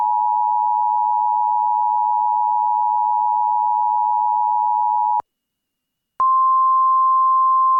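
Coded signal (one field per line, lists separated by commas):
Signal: Emergency Alert System (SAME) tones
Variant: 853 and 960 Hz attention tone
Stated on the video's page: Mock SAME tones for a fictional Guam tornado alert.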